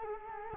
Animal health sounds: mosquito wingbeat signal from an infrared sensor; Culex quinquefasciatus

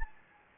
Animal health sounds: mosquito wingbeat signal from an infrared sensor; Anopheles gambiae

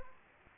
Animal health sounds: mosquito wingbeat signal from an infrared sensor; Anopheles arabiensis

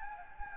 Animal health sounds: mosquito wingbeat signal from an infrared sensor; Anopheles gambiae

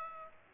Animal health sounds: mosquito wingbeat signal from an infrared sensor; Aedes aegypti

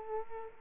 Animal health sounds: mosquito wingbeat signal from an infrared sensor; Culex quinquefasciatus

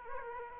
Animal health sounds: mosquito wingbeat signal from an infrared sensor; Aedes aegypti

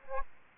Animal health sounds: mosquito wingbeat signal from an infrared sensor; Aedes aegypti

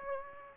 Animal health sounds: mosquito wingbeat signal from an infrared sensor; Aedes aegypti

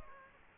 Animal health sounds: mosquito wingbeat signal from an infrared sensor; Aedes aegypti

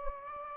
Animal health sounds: mosquito wingbeat signal from an infrared sensor; Anopheles gambiae

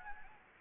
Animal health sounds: mosquito wingbeat signal from an infrared sensor; Anopheles gambiae

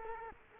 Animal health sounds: mosquito wingbeat signal from an infrared sensor; Culex quinquefasciatus

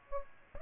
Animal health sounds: mosquito wingbeat signal from an infrared sensor; Aedes aegypti

